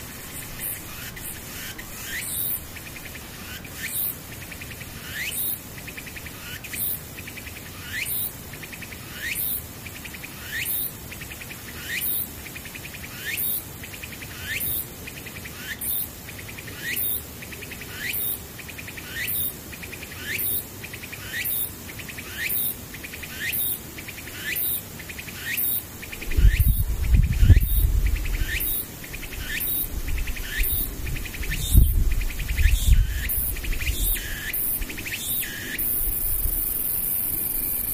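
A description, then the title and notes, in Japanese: A tsukutsuku-boshi cicada calls, a bright, buzzy song of regular pulses about every two-thirds of a second, steady for most of the clip. Low rumbling thumps intrude around 26–33 seconds, and near the end the pulses merge into a continuous shrill drone. 環境音パック926 ツクツクホーシ。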